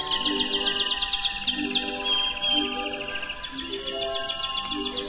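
Canary song, fast buzzy trills and a high sustained whistle, with soft melodic music playing underneath.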